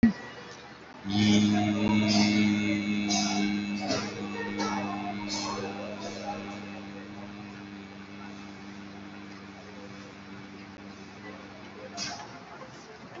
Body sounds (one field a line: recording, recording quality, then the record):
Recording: sustained vowel as in beet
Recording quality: excellent, no background noise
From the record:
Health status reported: COVID-19 positive, mild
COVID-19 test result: positive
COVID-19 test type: RT-PCR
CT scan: not taken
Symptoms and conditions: cough, cold, sore throat, fever, muscle pain, loss of smell and taste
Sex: male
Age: 41 years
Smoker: no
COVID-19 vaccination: one dose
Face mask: worn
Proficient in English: yes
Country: India